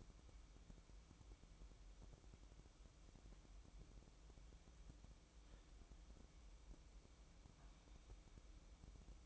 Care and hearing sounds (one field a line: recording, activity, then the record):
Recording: daily activity, microphone in the room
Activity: make coffee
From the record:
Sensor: 1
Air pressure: 1007.4 hPa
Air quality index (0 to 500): 80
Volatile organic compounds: 1 ppm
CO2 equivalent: 693 ppm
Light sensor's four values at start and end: 8/19/8/9 and 8/19/8/9